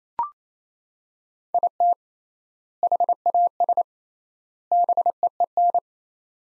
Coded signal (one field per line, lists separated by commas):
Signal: Morse code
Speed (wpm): 28 wpm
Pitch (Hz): 700 Hz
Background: none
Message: IT HAS BEEN